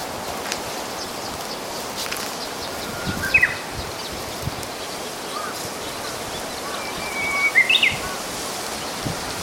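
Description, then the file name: Japanese bush warbler song, a faint held whistle ending in a quick rising flourish, heard twice over steady background hiss. "uguisu"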